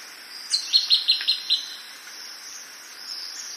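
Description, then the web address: Pale-eyed thrush giving a quick series of about six high, clipped notes over one second, then falling silent, with a steady insect drone throughout. Ecuador. "Birds of Ecuador. Pale-eyed Thrush"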